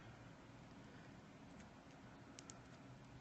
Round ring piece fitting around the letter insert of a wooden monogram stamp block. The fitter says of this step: can you hear the snap